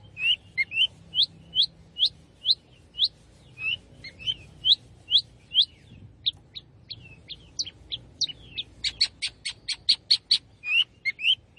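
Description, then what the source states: Long-tailed shrike delivering a fast series of clear, rising whistled notes, then a burst of harsh buzzy chatter mixed with whistles near the end. Long-tailed shrike singing lively, in the style called gacor.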